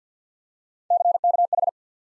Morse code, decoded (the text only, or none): CKH